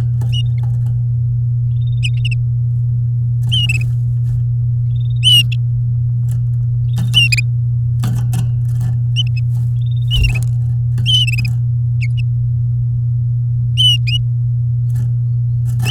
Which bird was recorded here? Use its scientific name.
Serinus canaria